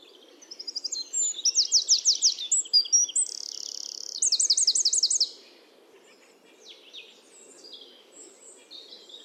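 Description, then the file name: Eurasian wren song: rapid high trills and buzzy rattling phrases tumbling together for about five seconds, then faint scattered high notes afterwards. "Troglodytes troglodytes"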